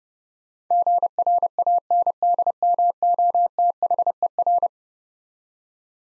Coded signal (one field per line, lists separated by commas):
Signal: Morse code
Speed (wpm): 32 wpm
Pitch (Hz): 700 Hz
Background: none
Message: GRANDMOTHER